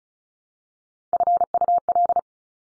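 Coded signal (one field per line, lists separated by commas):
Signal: Morse code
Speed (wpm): 36 wpm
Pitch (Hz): 700 Hz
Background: none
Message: FUL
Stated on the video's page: Morse drill of top three-letter combinations at 35 wpm, each sent, spoken, then sent again for head copy.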